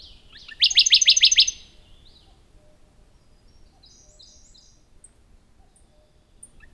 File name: warbler-radde 003-Phylloscopus-schwarzi